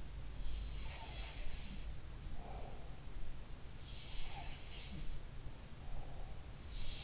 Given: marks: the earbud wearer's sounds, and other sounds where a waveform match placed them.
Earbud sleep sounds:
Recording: sounds in sleep by an in-ear microphone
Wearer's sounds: breath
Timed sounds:
0.58-1.81 s: sound from someone else or the room
2.30-2.99 s: breath
3.73-5.15 s: sound from someone else or the room
5.60-6.40 s: breath
6.65-7.04 s: sound from someone else or the room

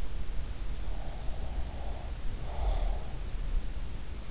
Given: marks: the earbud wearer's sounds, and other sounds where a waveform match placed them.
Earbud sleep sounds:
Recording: sounds in sleep by an in-ear microphone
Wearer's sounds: breath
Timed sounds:
0.95-3.07 s: breath

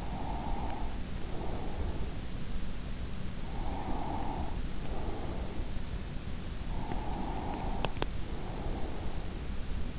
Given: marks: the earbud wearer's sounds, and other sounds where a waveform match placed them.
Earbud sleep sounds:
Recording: sounds in sleep by an in-ear microphone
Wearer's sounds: breath, swallowing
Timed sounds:
0.00-2.29 s: breath
3.49-5.61 s: breath
6.64-9.49 s: breath
7.81-8.10 s: swallowing

